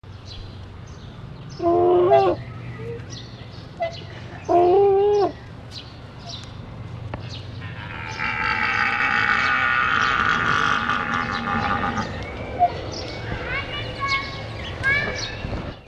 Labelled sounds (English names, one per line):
Tundra Swan call